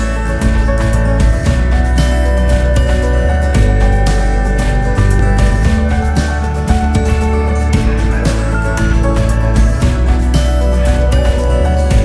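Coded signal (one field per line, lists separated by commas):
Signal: FT8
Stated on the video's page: FT8 at QRP power.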